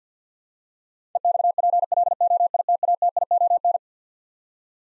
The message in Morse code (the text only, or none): EXPLOITATION